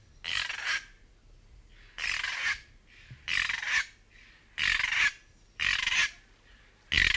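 North Island kaka repeating loud, harsh grating squawks about every second and a quarter, six rasping calls in a row.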